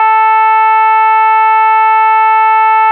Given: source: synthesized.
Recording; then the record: sustained vowel /a/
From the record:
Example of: no tremor